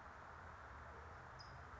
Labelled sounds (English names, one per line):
California Towhee